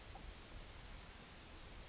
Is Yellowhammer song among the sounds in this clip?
no